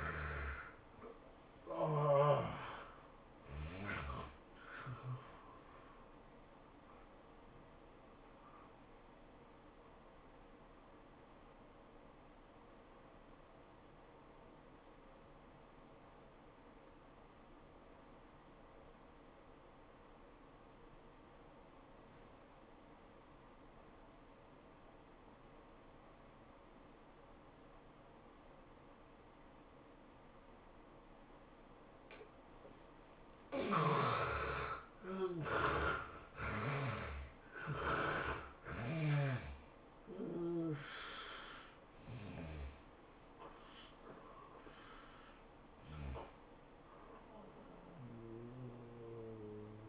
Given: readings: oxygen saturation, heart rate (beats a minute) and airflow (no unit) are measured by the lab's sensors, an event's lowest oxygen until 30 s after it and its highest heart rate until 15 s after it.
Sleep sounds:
breathing in sleep by a voice recorder at the bedside; 1
10.00-33.40 s: obstructive apnea (N1, oxygen 96% highest, then 69% lowest, heart rate 99 at the start, 108 highest)
From the record:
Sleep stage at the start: N1 (lightest sleep); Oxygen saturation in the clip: 70 to 96%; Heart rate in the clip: 78 to 109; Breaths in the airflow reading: 8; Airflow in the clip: -15.5 to 17.2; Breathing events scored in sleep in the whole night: 403 in 5.5 hours asleep

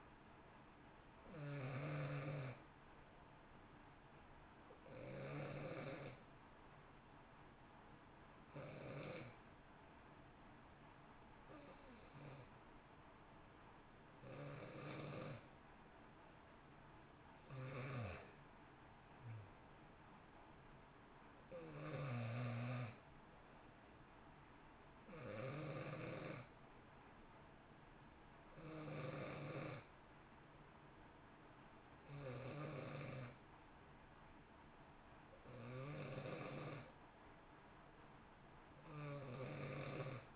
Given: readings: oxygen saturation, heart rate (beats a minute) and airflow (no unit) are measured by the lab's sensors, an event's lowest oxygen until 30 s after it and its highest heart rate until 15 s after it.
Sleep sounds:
breathing in sleep by a voice recorder at the bedside; 1
5.00-35.00 s: new sleep stage, N1 (lightest sleep)
6.00-20.20 s: hypopnea (N1, oxygen 92% highest, then 89% lowest, heart rate 61 at the start, 64 highest)
35.00-40.36 s: new sleep stage, N2 (light sleep)
From the record:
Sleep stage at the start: N2 (light sleep); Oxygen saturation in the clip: 89 to 92%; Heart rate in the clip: 57 to 64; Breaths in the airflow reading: 13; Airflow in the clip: -1.1 to 2.0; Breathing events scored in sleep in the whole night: 328 in 6.3 hours asleep

